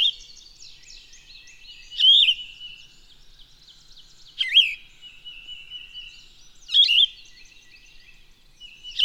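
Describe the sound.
Bird song: bright swooping whistles break out about every two and a half seconds above a constant high twittering background.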